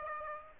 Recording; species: mosquito wingbeat signal from an infrared sensor; Aedes aegypti